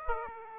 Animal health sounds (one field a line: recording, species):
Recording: mosquito wingbeat signal from an infrared sensor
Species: Aedes aegypti